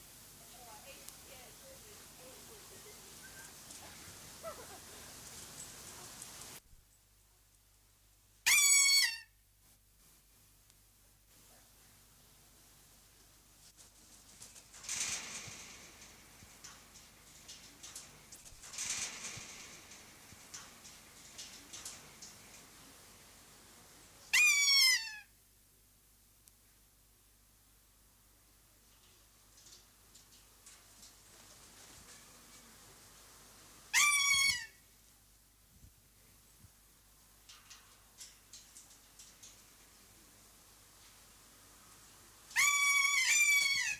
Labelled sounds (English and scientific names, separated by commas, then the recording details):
Kea (Nestor notabilis) call
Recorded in captivity
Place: Zoo Halle, Sachsen-Anhalt, DE
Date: 2003-10-19 16:33
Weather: heiter, 5 - 6°C
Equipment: Fair Mate ST-1328 (Asahi Electronics, Japan), Sennheiser ME 80, Kopie Uher 4000 Report Monitor
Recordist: Tembrock, Günter